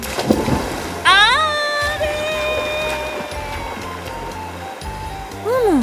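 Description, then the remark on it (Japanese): A quick splash as Ecolo is tossed into a clear, fast-flowing river, followed by a rising, whistle-like tone that holds steady over the constant flowing-water noise, then another brief swooping tone at the end. “早速エコロを流したいと思います。 ドキドキしちゃうな。 それザブーン。”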